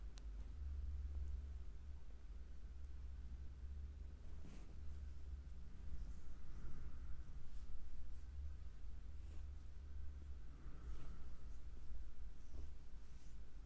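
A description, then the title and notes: A foot massage, heard as soft rubbing and brushing against skin with occasional light taps and clicks, sharpest around four and a half and eleven seconds. A steady low hum sits underneath throughout, and the whole scene stays hushed. ASMR Relaxing foot massage.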